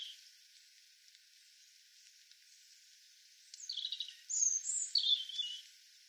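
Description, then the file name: European robin song: after a stretch of steady hiss, a brief run of high, sweet sliding notes and twitters rises out of the background noise. "Erithacus rubecula"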